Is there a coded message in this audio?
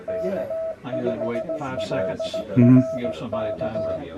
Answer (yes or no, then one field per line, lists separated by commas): yes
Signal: Morse code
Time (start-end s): 0.1-4.0 s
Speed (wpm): 17 wpm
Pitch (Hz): 650 Hz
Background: speech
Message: K5LRK